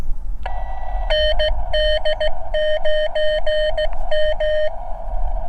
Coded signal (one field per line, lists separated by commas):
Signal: Morse code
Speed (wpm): 16 wpm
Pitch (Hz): 610 Hz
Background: none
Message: ND9M